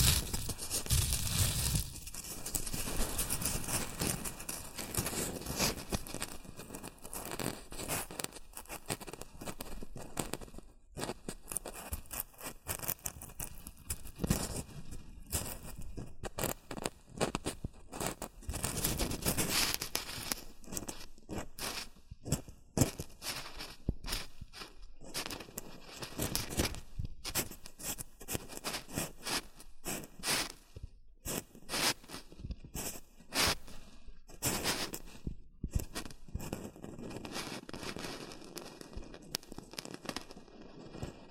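Shredded tissue and packing peanuts are rustled and crinkled for the whole forty seconds, a dense, busy stream of papery scratching with no real pauses. Sharp crackles and brief scraping bursts pop out every second or so, while the overall loudness stays fairly even.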